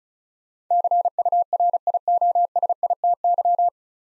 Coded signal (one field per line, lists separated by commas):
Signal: Morse code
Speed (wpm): 36 wpm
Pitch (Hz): 700 Hz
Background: none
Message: CURIOSITY